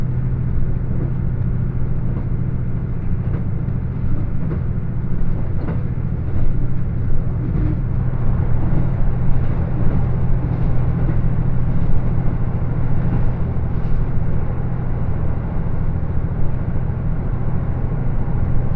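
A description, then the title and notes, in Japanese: The Hida No. 14 limited express rolls from Toyama toward Inotani with a steady low engine drone, faint clicks and rattles scattered throughout. 高山本線特急ひだ14号 富山→猪谷。乗車したのは当時まだキハ85系のグリーン車。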